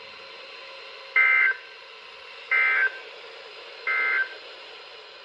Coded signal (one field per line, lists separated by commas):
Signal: Emergency Alert System (SAME) tones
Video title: OPHELIA TURNS GREEN LIKE A FLOOD (9/23/23) (EAS #850 - 855)